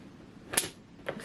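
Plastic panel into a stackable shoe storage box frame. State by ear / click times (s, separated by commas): seated / 0.6 s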